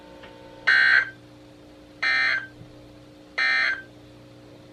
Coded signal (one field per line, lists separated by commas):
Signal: Emergency Alert System (SAME) tones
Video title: EAS #125: Another RWT and Some Antenna Business | KHB36